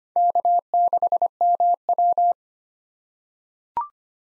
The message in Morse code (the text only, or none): K6MW